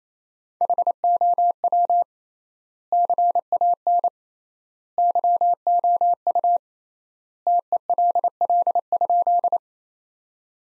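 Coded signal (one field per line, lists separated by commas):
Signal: Morse code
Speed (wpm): 28 wpm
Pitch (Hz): 700 Hz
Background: none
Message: HOW CAN YOU TELL?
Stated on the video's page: Morse practice sentences at 28 wpm with 3x standard word spacing, a word-based Farnsworth-like method.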